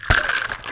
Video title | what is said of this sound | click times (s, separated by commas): Santera Tequila Cinco de Mayo Event | you hear that click it's open good to go strainer | 0.5 s